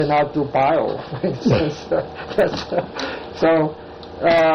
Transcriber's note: laughter